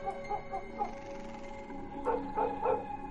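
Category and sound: animal, dog barking frantically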